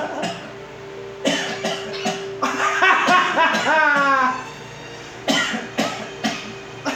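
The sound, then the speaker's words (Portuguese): A series of short, harsh coughing bursts in irregular clusters, broken up midway by rising, squeaky chirps and warbles, like a bird mimicking a cough, with a steady low hum underneath. “Tá com tosse cabeça.”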